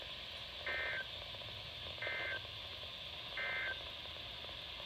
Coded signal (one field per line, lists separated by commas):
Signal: Emergency Alert System (SAME) tones